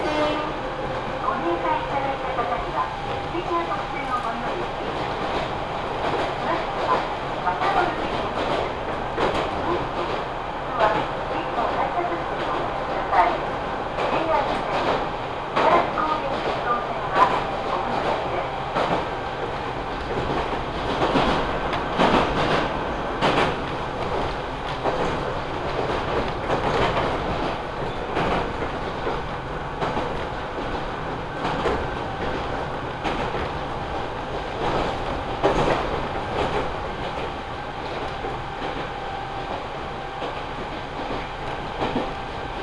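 A ride aboard an Ohmi Railway train running from Yokaichi toward Kibukawa. The steady roar of the moving carriage fills the clip, with a constant tonal hum and frequent rattles and clacks from the wheels and body throughout.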